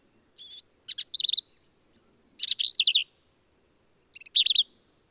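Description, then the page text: Black-capped Vireo song: three similar phrases about two seconds apart, each a harsh burst followed by quick, bouncing, slurred high notes. Male; endangered per U.S. Fish and Wildlife Service; phrases sung alone, truncated, embellished or run together, lively and emphatic; Kerr Wildlife Management Area, Hunt, Texas hill country. "Birdsong for the Curious Naturalist. Black-capped vireo"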